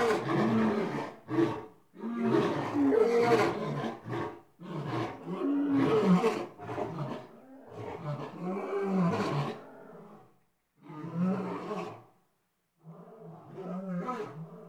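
Lion roaring in a series of loud, harsh bursts with deep groaning tones, growing softer toward the end.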